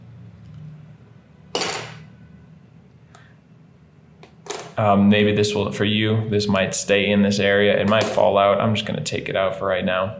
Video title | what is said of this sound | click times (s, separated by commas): Scion xB Key Fob Battery Replacement (2008 - 2013) | until we hear a popping sound and it becomes loose enough that we can remove with our fingers | 1.5 s